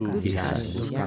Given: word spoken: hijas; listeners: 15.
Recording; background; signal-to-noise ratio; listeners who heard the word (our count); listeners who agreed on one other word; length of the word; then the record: one Spanish word in noise, from a listening test; four-talker babble; -1.5 dB; 0 of 15; 6 of 15; 0.67 s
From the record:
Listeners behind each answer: 6, 5, 1, 1, 1, 1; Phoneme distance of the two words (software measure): 27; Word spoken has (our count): 2 syllables, 4 phonemes, stress on syllable 1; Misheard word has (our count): 2 syllables, 5 phonemes, stress on syllable 1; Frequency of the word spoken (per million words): 23.17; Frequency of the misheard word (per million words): 1.95